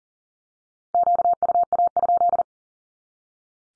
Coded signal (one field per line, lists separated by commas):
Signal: Morse code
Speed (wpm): 40 wpm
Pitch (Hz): 700 Hz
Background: none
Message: QUA?